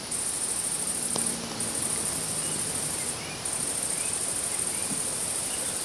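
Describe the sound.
Insect giving an unbroken high-pitched buzz that pauses twice for a moment, with a brief low hum behind.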